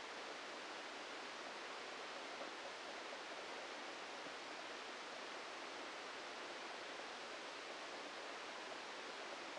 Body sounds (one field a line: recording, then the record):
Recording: brain microelectrode recording played as sound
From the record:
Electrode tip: inside the subthalamic nucleus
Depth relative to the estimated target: 1 mm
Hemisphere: left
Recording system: NeuroSet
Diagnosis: Parkinson's disease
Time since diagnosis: 14 years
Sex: male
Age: 51 years